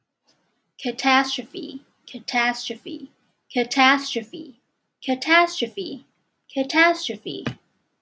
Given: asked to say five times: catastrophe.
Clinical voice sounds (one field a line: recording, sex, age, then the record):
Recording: repeated word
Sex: female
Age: 30 to 39 years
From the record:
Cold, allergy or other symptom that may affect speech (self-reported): no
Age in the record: 32 years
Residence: Nevada, United States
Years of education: 16